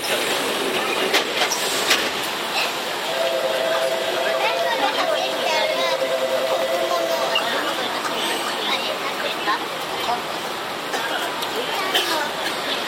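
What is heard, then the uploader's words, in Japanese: Onboard a moving commuter train, a steady, dense rumble and hiss fill the clip at an even level. A thin whining tone rises in from about three seconds and fades near seven, while sharp clicks from the rails and faint murmuring voices recur throughout. 東急7700系 蒲田→五反田。東急7700系（7001F）蒲田→五反田。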